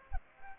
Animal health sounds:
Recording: mosquito wingbeat signal from an infrared sensor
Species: Aedes aegypti

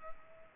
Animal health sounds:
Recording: mosquito wingbeat signal from an infrared sensor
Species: Culex pipiens

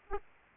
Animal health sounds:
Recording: mosquito wingbeat signal from an infrared sensor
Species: Aedes aegypti

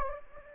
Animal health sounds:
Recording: mosquito wingbeat signal from an infrared sensor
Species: Anopheles gambiae

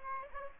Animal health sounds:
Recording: mosquito wingbeat signal from an infrared sensor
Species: Aedes aegypti

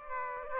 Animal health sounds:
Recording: mosquito wingbeat signal from an infrared sensor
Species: Aedes aegypti

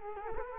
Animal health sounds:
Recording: mosquito wingbeat signal from an infrared sensor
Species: Culex quinquefasciatus

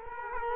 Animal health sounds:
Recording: mosquito wingbeat signal from an infrared sensor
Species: Culex quinquefasciatus

